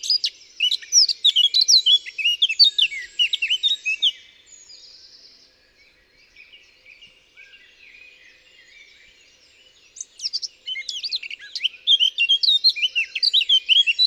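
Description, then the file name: Eurasian blackcap song: loud varied fluty warbling, a quieter scratchy interlude of several seconds, then another bright whistled warble. "Sylvia atricapilla"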